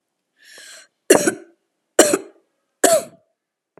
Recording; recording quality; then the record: heavy voluntary cough; moderate, slight background noise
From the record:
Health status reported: healthy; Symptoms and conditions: none ticked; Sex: female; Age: 19 years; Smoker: not ticked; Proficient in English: yes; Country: India